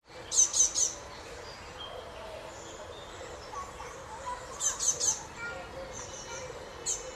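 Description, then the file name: Great tit calls, quick groups of three sharp, very high notes near the start and again around five seconds, with a single note near the end over steady background hiss. "Parus major"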